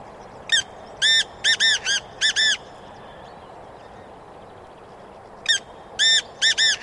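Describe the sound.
Bird giving loud nasal squawking calls in two bursts. Each burst is a brief note followed by several longer ringing notes. Constant background hiss throughout.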